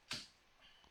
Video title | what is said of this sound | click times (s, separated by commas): Replace Your Windshield Wipers (It's Easy) | Hear that click. | 0.1 s